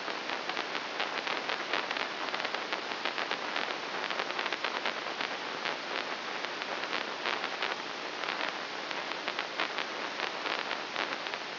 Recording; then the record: brain microelectrode recording played as sound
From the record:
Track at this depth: inside the subthalamic nucleus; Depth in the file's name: 0.107 mm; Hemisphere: right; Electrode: 3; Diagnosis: Parkinson's disease